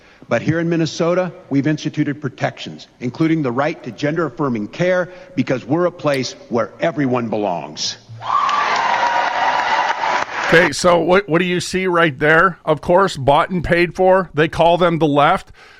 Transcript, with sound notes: But here in Minnesota, we've instituted protections, including the right to gender-affirming care, because we're a place where everyone belongs.
(cheering) (applause)
Okay, so what, what do you see right there? Of course, bought and paid for. They call them the left.